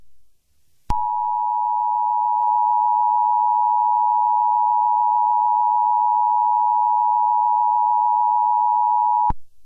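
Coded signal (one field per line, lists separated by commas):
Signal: Emergency Alert System (SAME) tones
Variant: 853 and 960 Hz attention tone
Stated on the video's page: Fictional EAS mini scenario about a biohazard purge; simulated alert, no music.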